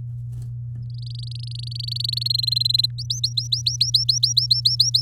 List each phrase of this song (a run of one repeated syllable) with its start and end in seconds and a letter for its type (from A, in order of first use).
0.90-2.28 A, 2.30-2.86 B, 2.98-5.01 C